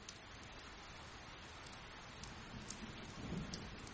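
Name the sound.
heavy rain pouring down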